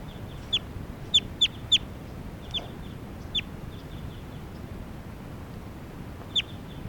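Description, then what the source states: Crossbill giving bright, clipped chip calls: a single note, then a fast group of three, followed by spaced single notes, with faint low hum behind. Newly caught bird number 387 at Sage Hen on May 3rd, around 12:10.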